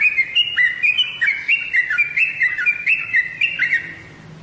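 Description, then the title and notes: Bird chirping in quick, lively bursts of short tweeted notes, fading at the end over faint low background noise. "Bird Sound. Kicau Burung Lengkap"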